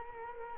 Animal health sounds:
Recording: mosquito wingbeat signal from an infrared sensor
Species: Culex quinquefasciatus

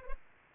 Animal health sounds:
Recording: mosquito wingbeat signal from an infrared sensor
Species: Anopheles arabiensis

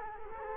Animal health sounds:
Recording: mosquito wingbeat signal from an infrared sensor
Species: Culex quinquefasciatus

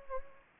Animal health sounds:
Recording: mosquito wingbeat signal from an infrared sensor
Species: Anopheles gambiae

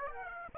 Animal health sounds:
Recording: mosquito wingbeat signal from an infrared sensor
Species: Aedes aegypti

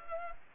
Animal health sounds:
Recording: mosquito wingbeat signal from an infrared sensor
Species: Culex pipiens

